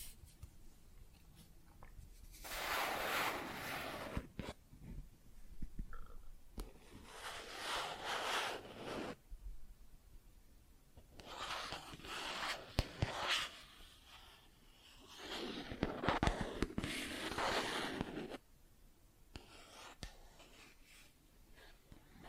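Plastic objects are scratched and rubbed in bursts of rough, hissy scraping, about four long passes separated by short pauses with occasional sharp taps.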